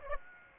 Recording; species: mosquito wingbeat signal from an infrared sensor; Aedes aegypti